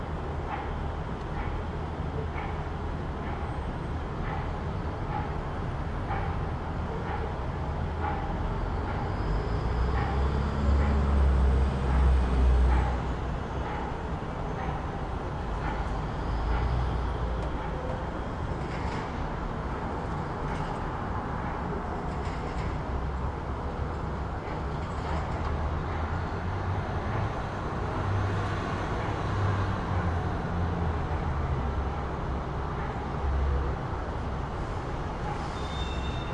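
Soft evening city ambience: a steady low hum of traffic fills the scene, with a vehicle swelling past around ten to thirteen seconds. Faint, evenly spaced ticks run throughout, and the overall level stays even.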